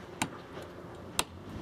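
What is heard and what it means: Plastic push rivets, nine of which hold the interior panel, are pressed into the holes of a Ford Ka car door's interior panel during a door handle replacement. Two sharp, short clicks sound at 0.2 s and 1.2 s as the rivets click into place and seat.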